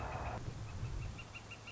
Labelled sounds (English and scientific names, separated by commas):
Northern Flicker (Colaptes auratus)